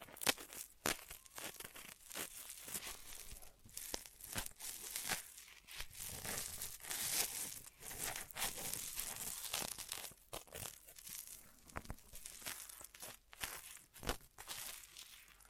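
Ear massage triggers: dense, bright crinkling and rustling with frequent sharp crackles and crunches, loudest around 1, 4, 13 and 14 seconds.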